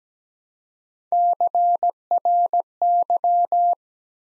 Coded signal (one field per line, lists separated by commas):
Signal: Morse code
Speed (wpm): 17 wpm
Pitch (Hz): 700 Hz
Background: none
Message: CRY